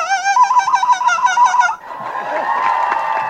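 A water rail gives a loud run of rapid, harsh, squealing notes with a pulsing, pig-like quality, then breaks off, leaving a busy wash of softer background calls.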